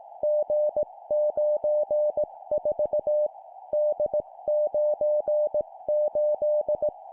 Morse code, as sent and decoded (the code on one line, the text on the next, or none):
--. ----. ....- / -.. ----. ---..
G94 D98